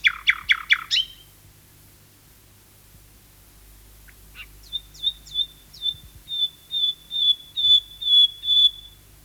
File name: Nachtegaal 2-Sound Cloud - Beeld en Geluid